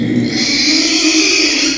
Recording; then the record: squeal of a Yucatan mini pig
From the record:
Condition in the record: after surgery on the right vocal fold (resection and tissue-engineered implant); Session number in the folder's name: 2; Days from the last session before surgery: 13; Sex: male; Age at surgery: 12 weeks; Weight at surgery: 13 kg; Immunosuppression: cyclosporine, prednisolone